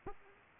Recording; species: mosquito wingbeat signal from an infrared sensor; Aedes aegypti